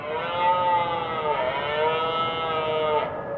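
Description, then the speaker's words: Red deer roaring, a long drawn, slightly wavering harmonic bellow, with a soft rushing background. Stags roaring at night during the October rutting season in a glen near Inverness, Scotland; brisk air, snow on the ground, river in background. "October is the beginning of the rutting or mating season for these red deer stags. Richard Margoschis recorded their roars against the background of a river."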